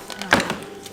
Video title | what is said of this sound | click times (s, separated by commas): 🔥1149 - PORTUGAL A 7 SANS COFFRE DE TOIT, la dinguerie [Vlog famille nombreuse] | Ouais, tu vois, ça a cliqué. | 0.3 s